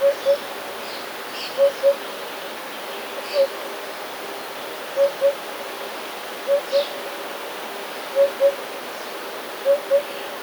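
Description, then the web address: Eurasian hoopoe giving repeated low, hollow double notes, 'oop-oop', about every one and a half seconds, with faint high chirps in the background. "wroblowe kolekcja dudek"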